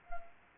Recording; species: mosquito wingbeat signal from an infrared sensor; Anopheles arabiensis